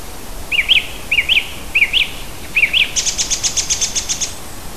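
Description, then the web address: Bird song of four repeated rising-falling whistled notes, followed by a high fast ticking trill, with faint background hiss. Native birds of a hedge habitat, recorded in June. "oeko hecke vogel juni vogel heimisch"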